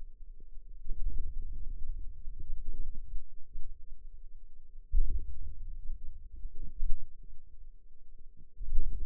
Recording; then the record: forearm muscle sounds (acoustic myography)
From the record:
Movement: hand opening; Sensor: system 2, bracelet of six BSWA MPA416 microphones around the upper forearm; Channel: 2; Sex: female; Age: 21 years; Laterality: right